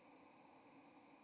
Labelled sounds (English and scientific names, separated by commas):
White-throated Sparrow (Zonotrichia albicollis) flight call